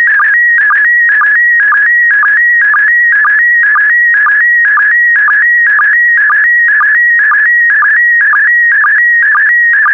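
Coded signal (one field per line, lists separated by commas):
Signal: SSTV (slow-scan television)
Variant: PD120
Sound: warbling whistle-like tone with a regular chirping tick about twice a second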